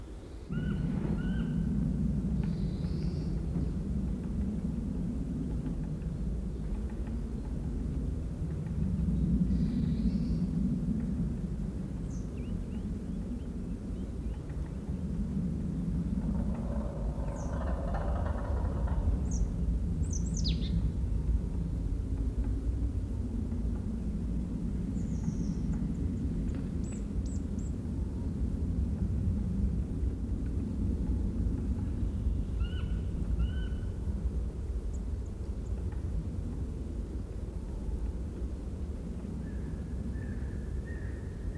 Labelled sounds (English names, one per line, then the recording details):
Demoiselle Crane call
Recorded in the wild
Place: Groß Nemerow, Mecklenburg-Vorpommern, DE
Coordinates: 53.448, 13.219
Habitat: Forest
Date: 1982-03-23
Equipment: Nagra III BH, Sennheiser MD 21, parabola
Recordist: Schubert, Michael